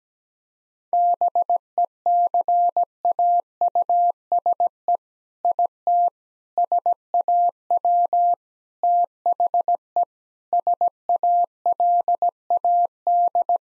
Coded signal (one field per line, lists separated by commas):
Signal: Morse code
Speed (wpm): 17 wpm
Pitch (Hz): 700 Hz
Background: none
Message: BECAUSE IT SAW THE SALAD